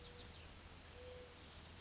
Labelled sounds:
Mourning Dove

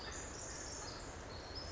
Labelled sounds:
Pacific Wren

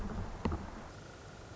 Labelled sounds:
Song Sparrow

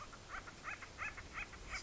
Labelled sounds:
Acorn Woodpecker

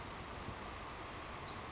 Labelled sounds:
Savannah Sparrow

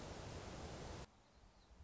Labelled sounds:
Song Sparrow

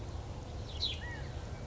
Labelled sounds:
California Quail

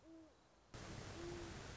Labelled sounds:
Great Horned Owl

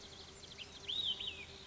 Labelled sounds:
Olive-sided Flycatcher

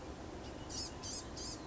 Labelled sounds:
Blue-gray Gnatcatcher

